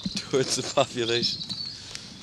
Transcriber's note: laughs